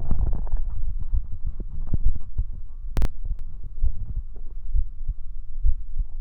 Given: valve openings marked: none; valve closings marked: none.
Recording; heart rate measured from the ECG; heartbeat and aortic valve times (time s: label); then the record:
heart sounds by stethoscope; 66 bpm
0.22 s: heartbeat (ECG mark)
1.16 s: heartbeat (ECG mark)
2.07 s: heartbeat (ECG mark)
2.99 s: heartbeat (ECG mark)
3.85 s: heartbeat (ECG mark)
4.77 s: heartbeat (ECG mark)
5.67 s: heartbeat (ECG mark)
From the record:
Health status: healthy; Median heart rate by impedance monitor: 66 bpm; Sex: male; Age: 40 years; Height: 179 cm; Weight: 76 kg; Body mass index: 23.72